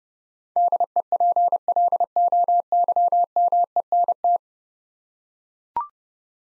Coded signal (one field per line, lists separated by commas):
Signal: Morse code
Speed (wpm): 32 wpm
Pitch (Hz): 700 Hz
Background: none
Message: DEPLOYMENT